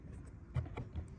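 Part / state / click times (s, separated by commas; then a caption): metal tab of the rear hatch door trim into its slot on the hatch / not seated / none. The metal tab of a Mitsubishi Outlander rear hatch door trim is placed over its slot on the hatch and pressed down by hand. Over a low rumbling background, a few brief handling knocks are heard near 0.6 s, 0.8 s and 1.0 s. Nothing has seated or snapped into place yet.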